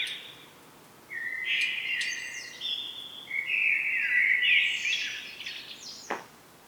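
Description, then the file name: Common blackbird song: a long continuous run of fluty warbling rising into thin high twitters, ending with a sharp click. "Turdus merula"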